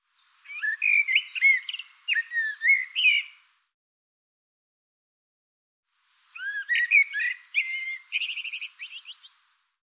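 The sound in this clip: Bird singing two jumbled phrases of whistles and slurs, the second ending in a fast, buzzy trill, with a quiet gap of about three seconds between them.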